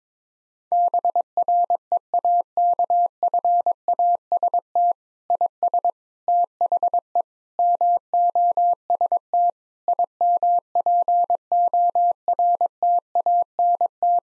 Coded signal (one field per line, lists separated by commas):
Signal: Morse code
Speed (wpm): 21 wpm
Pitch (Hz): 700 Hz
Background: none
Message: BREAKFAST IS THE MOST IMPORTANT